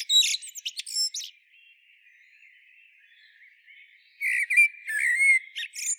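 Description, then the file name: Eurasian blackbird song: the end of a phrase with high squeaky notes, a quiet pause of about three seconds, then a new phrase of fluty notes and thin twittering. "Turdus merula"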